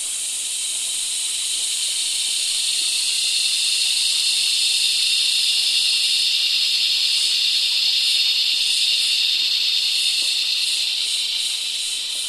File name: zapsplat. nature forest ambience summer creek close by loud insects cicada australia